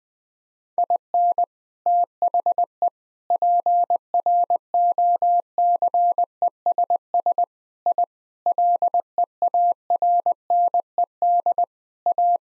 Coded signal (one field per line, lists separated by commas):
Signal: Morse code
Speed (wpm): 20 wpm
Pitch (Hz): 700 Hz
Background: none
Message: IN THE PROCESS I LEARNED A